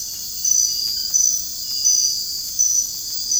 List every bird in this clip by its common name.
none